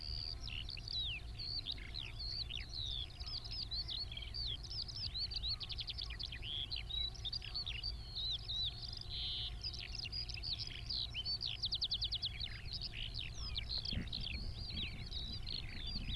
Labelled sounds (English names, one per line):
Eurasian Skylark song